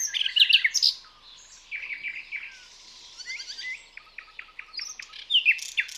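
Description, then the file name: Common nightingale song with rich chattering phrases, quick downslurred notes, a run of clicking repeated notes, and a loud final burst. "Luscinia megarhynchos"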